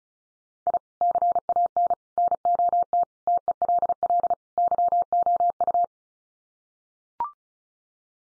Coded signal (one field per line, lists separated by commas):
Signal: Morse code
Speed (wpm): 34 wpm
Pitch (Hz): 700 Hz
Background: none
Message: I CAN NOT TELL YOU